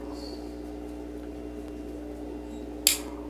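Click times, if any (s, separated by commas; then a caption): 2.9 s. The plastic nozzle of a silicone caulk tube is gently turned against a steady low hum until a single sharp snap at 2.9 s. The nozzle snaps into place, seated and ready for the caulking gun.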